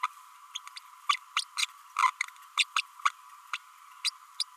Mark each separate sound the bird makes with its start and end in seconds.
0.03-0.07, 0.55-0.59, 0.76-0.79, 1.09-1.17, 1.36-1.42, 1.58-1.66, 2.02-2.08, 2.57-2.64, 2.76-2.81, 3.05-3.10, 3.53-3.57, 4.04-4.10, 4.39-4.43